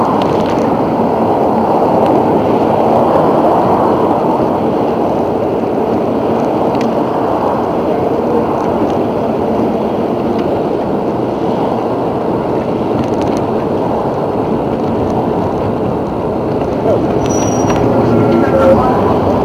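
Rush hour traffic on Barbur Blvd forms a steady, dense low roar, with faint brief tones and squeaks near the end.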